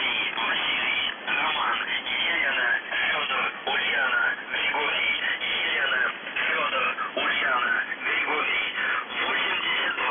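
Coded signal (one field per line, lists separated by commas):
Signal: numbers station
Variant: UVB-76, Russian voice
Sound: a male voice speaking steadily over noisy shortwave radio, with no buzzer tones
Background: radio static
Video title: The Buzzer/UVB-76(4625Khz) April 12, 2021 08:03UTC Voice message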